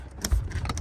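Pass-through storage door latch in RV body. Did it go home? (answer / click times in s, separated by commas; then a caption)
no / none. The other side of a pass-through storage door on a Keystone Montana RV is pushed closed, giving a few short knocks and rattles over a low rumble. The latch fails to catch, and nothing has clicked or seated.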